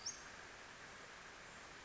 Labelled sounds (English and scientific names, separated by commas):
Western Flycatcher (Empidonax difficilis)